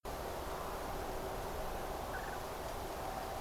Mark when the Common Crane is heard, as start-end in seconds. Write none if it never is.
2.12-2.36